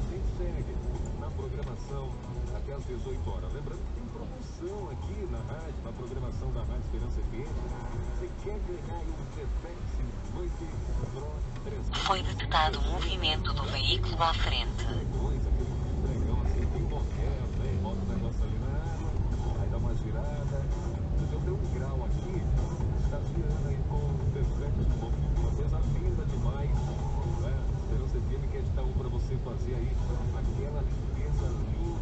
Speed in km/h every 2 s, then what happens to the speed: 2, 0, 0, 0, 0, 0, 7, 13, 14, 19, 22, 20, 18, 15, 15, 14.
0-10 standing. 10-20 pulls away to 22. 20-32 slows to 14.